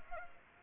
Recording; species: mosquito wingbeat signal from an infrared sensor; Aedes aegypti